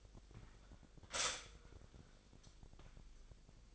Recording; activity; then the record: daily activity, microphone in the room; stop toaster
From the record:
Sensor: 5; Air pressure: 1002.1 hPa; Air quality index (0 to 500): 207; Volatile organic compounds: 20 ppm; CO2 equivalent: 2674 ppm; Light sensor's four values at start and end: 33/108/41/43 and 33/108/41/43